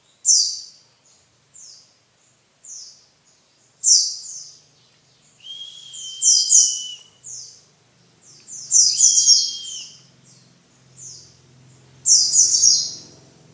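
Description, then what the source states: White-eye song: high thin descending notes, single and in clusters, with a clear lower whistled tone appearing twice in the middle. Song style described as ngalas ngeroll.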